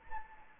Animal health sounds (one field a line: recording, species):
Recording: mosquito wingbeat signal from an infrared sensor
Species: Anopheles arabiensis